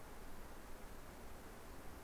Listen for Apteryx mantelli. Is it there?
no